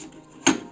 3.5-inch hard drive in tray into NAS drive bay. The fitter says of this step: जैसे अंदर जाएगी मुझे फील हो जाएगा कि हाँ लॉक हो गई है, वो अंदर लग गई